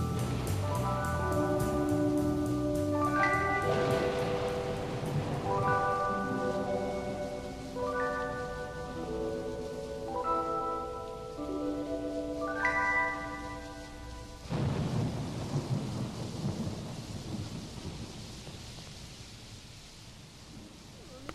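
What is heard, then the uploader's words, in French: Ambient sounds from a trip to Wales: sustained, bell-like ringing tones shift to a new chord every two or three seconds over a steady low rumble and hiss. Around fourteen seconds the tones stop, leaving rain-like rushing noise that gradually softens. Un montage de sons d'ambiance pris au cours d'un voyage au Pays de Galles au mois de juillet.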